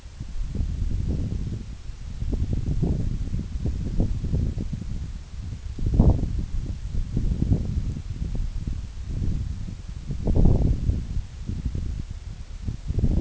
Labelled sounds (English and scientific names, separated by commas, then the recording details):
none
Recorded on Arctic tundra, site NAIT-1, on 26 June 2019
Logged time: 16:00